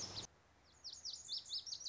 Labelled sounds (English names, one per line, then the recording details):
Lazuli Bunting
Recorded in Sonoma County, California